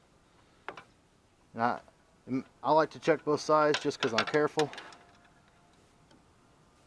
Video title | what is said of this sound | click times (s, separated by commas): LED Lighting Upgrade for the 1994 Dodge Dakota, First Video of 2021 | give it a good squeeze and you'll know it's good because it snaps into place | 0.7 s